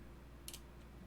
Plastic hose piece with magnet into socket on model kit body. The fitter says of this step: magnet right in here that obviously this thing is attracted to right and it just pops right into the hole